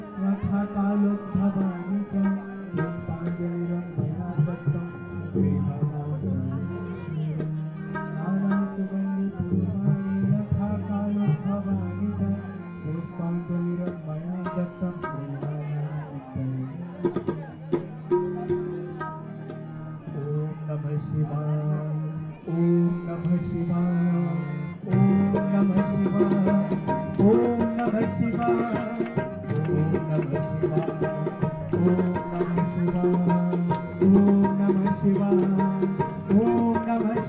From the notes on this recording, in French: la Mousson et la pûjâ (prière) du soir le long du Gange